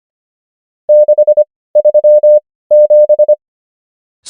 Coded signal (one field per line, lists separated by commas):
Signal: Morse code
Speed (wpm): 25 wpm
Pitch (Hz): 600 Hz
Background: none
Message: 637